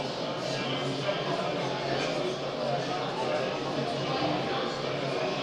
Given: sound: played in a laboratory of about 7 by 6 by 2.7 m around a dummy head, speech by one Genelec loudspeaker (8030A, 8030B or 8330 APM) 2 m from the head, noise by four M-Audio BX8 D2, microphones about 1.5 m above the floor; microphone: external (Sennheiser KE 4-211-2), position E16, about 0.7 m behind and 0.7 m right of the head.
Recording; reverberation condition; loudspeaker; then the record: cafeteria noise; medium; four, about 170 cm from the corners of the room and facing them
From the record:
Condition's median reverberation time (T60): about 510 ms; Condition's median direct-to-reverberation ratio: about -0.5 dB